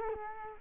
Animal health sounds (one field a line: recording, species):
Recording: mosquito wingbeat signal from an infrared sensor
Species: Culex quinquefasciatus